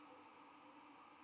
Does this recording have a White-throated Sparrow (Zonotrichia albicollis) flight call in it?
no